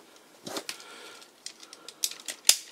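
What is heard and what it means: After two plastic latches are opened, a plastic armor part is clipped onto a combining toy robot: the 2011 Super Sentai Kaizoku Sentai Gokaiger Gokai-Oh in its ninja-pirate combination with Furaimaru. Soft plastic rustling and several small clicks are heard around 0.7, 1.5, 2.0 and 2.3 s. The part snaps into place with a sharp, bright click at 2.5 s.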